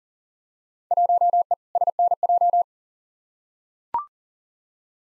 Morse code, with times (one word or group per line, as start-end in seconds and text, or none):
0.9-1.5 1E
1.8-2.6 SNJ